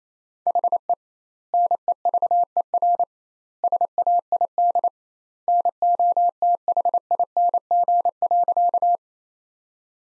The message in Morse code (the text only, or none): HE NEVER SAID NOTHING.